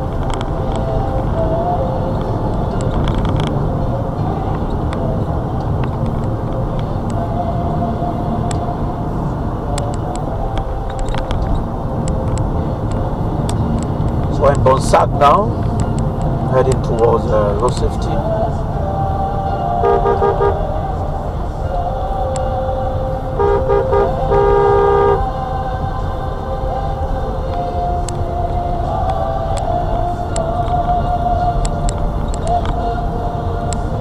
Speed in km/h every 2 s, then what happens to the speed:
52, 63, 56, 61, 61, 60, 58, 55, 45, 32, 24, 29, 29, 27, 31, 35, 39.
0-2 speeds up to 63. 2-11 steady at about 61. 11-20 brakes to 24. 20-27 steady at about 27. 27-34 speeds up to 39.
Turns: none.